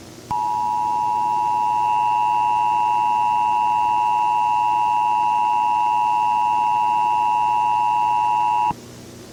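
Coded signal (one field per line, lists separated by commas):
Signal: Emergency Alert System (SAME) tones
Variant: 853 and 960 Hz attention tone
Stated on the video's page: Fictional analog-horror EAS scenario, not a real alert.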